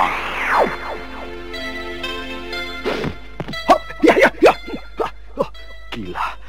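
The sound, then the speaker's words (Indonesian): A swooping whoosh falls in pitch, followed by a string of sharp, irregular thwacks like arrows striking home, as arrows shot from hiding narrowly miss a man. All of this plays over a sustained, ringing tonal backdrop. “Hampir saja anak panah itu memanggang tubuhku.”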